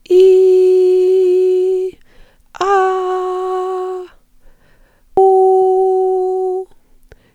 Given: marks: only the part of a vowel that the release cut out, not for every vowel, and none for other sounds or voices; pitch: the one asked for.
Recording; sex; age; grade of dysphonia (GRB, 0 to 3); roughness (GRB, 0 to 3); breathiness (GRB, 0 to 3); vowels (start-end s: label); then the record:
sustained vowels; female; 40 to 49 years; 0; 0; 0
0.40-1.74 s: vowel /i/, high pitch
2.70-3.92 s: vowel /a/, high pitch
5.30-6.51 s: vowel /u/, high pitch
From the record:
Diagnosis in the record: functional dysphonia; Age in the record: 41 years